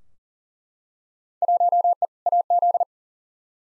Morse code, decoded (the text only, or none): 1E AZ